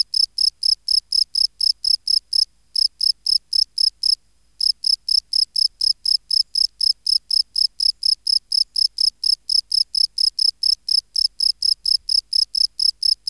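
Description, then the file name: Field cricket calls in rapid repeated chirps, interrupted by two short silences, then resuming at the same even pace. "Bio Acoustica Gryllus campestris"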